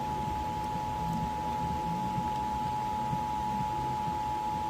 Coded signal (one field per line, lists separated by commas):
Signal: Emergency Alert System (SAME) tones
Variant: 853 and 960 Hz attention tone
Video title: Orange County RMT- (TV EAS #19)